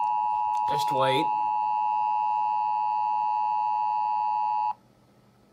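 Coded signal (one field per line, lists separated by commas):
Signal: Emergency Alert System (SAME) tones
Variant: 853 and 960 Hz attention tone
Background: speech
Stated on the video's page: Failed Evacuation Immediate alert, sounding odd.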